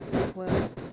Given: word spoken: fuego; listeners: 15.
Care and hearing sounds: one Spanish word in noise, from a listening test; noise modulated by one talker; -10.6 dB; 0 of 15; 9 of 15; 0.53 s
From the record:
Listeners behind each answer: 9, 1, 1, 1, 1, 1, 1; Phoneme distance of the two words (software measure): 10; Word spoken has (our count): 2 syllables, 5 phonemes, stress on syllable 1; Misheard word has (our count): 2 syllables, 5 phonemes, stress on syllable 1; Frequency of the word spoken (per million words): 109.36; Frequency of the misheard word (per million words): 163.36

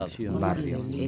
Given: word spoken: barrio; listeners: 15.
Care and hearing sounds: one Spanish word in noise, from a listening test; four-talker babble; -1.7 dB; 4 of 15; 7 of 15; 0.68 s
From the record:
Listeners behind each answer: 7, 4, 1, 1, 1, 1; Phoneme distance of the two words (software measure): 7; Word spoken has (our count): 2 syllables, 5 phonemes, stress on syllable 1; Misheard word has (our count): 2 syllables, 6 phonemes, stress on syllable 1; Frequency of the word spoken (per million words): 69.84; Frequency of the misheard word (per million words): 29.41

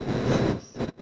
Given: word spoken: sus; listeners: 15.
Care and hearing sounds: one Spanish word in noise, from a listening test; noise modulated by one talker; -9.9 dB; 1 of 15; 9 of 15; 0.62 s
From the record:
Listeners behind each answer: 9, 1, 1, 1, 1, 1, 1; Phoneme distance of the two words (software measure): 14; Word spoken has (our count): 1 syllable, 3 phonemes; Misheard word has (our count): 2 syllables, 5 phonemes, stress on syllable 2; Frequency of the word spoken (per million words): 2948.84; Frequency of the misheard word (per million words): 85.14

